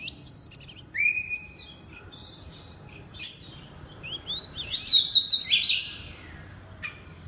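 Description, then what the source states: Oriental magpie-robin singing a few whistled notes, then a loud run of rapid, rich warbled and swept phrases near the end. Loud song in the ngeplong style.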